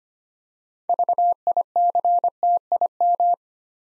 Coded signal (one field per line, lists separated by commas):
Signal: Morse code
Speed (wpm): 25 wpm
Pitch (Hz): 700 Hz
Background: none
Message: VICTIM